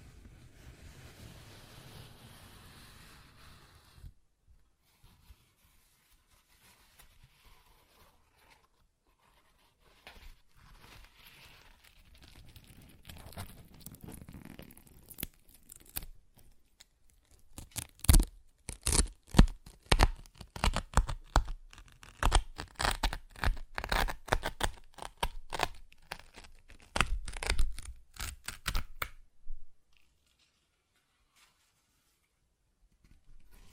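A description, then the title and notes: Paper is ripped and torn in bursts, quiet at first, then a dense run of sharp crackling tears from about 17 to 29 seconds. ASMR Paper Ripping Tearing Sounds (No Talking).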